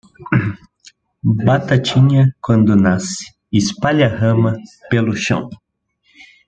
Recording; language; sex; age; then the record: short text; Brazilian Portuguese; male; 20 to 29 years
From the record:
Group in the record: control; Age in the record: 22 years